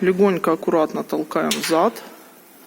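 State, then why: Not seated. A loaded steel shelf in a die/mold storage rack with fully extending shelves and a 1-ton hoist is being gently pushed back in toward its return latch while a man talks. Nothing has seated or clicked yet; the clip ends before the shelf latches home.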